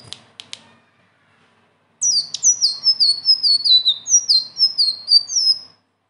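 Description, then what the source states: Leafbird song: a few clicks, then an almost four-second stream of high, clear whistles sliding downward in repeated steps. Bird singing persistently (gacor) with rolling phrases (ngeroll) and fill-in phrases (isian); training song (masteran).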